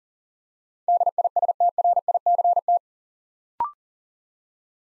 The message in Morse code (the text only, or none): DISTRICT